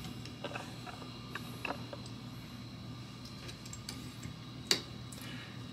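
A matching cable connector is pushed home into its socket on an Artillery Hornet 3D printer. A steady low hum runs throughout with a few faint ticks, then a sharp click at 4.7 s as the connector seats with a nice, snug fit.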